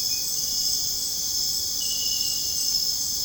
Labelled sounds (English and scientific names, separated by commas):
none